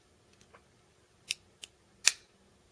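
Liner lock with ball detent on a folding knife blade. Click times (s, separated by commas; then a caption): 1.3 s, 2.1 s. A Benchmade HK 14300 folding knife's blade is opened, and its steel liner lock with an added ball detent snaps into the locked position. Faint light ticks come first, followed by sharp metallic clicks at 1.3 s and 1.6 s and the loudest snap at 2.1 s. The liner lock seats at 1.3 s and 2.1 s.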